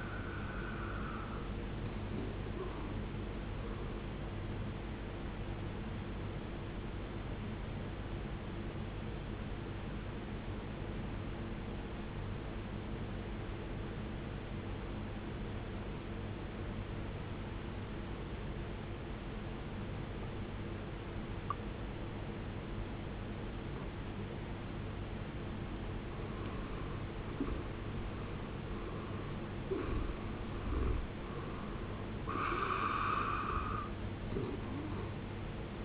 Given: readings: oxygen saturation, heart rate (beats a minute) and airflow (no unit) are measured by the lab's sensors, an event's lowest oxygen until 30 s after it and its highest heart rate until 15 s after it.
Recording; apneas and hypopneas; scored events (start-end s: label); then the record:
breathing in sleep by a voice recorder at the bedside; 1
7.00-35.84 s: new sleep stage, N2 (light sleep)
11.00-27.60 s: obstructive apnea (N2, oxygen 94% highest, then 83% lowest, heart rate 63 at the start, 74 highest)
From the record:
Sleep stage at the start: N1 (lightest sleep); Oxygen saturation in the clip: 78 to 94%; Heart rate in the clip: 53 to 74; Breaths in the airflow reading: 5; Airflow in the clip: -12.5 to 14.4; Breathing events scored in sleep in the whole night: 389 in 6.3 hours asleep